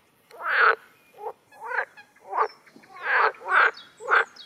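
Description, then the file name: Water frog croaking: a series of several harsh, broad croaking bursts, a few softer than others. "Groene Kikker"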